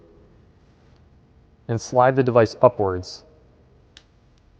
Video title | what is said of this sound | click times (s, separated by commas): Rope Operations Ch 8 Rope Rescue Equipment | again until you hear a click and the device is free to move up and down the rope. | 4.0 s